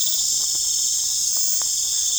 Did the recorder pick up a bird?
no